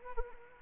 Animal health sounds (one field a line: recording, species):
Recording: mosquito wingbeat signal from an infrared sensor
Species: Anopheles arabiensis